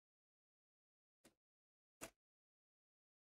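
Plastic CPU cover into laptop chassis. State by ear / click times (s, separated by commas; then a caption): seated / 2.0 s. A plastic CPU/memory cover is pushed into the chassis of a vintage Compaq LTE 5200 laptop on the correct side, after the wrong side was pressed first without a snap. A short, softer tap at about 1.2 s is followed by a brighter, louder broadband click at 2.0 s, with silence around them. The cover snaps and seats into place at 2.0 s.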